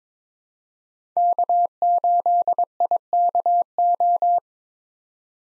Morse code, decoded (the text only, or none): K8IKO